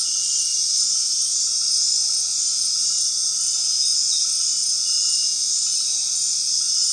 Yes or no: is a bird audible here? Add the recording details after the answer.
no. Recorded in dense forest near Puerto Asís, Putumayo, Colombia, on 19 February 2024 at 20:00. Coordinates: 0.499, -76.324. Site G6469